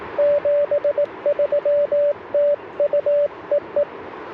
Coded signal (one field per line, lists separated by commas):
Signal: Morse code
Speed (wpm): 18 wpm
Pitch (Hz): 580 Hz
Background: radio noise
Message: 73 TU EE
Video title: Morning Morse Code - 02/01/2025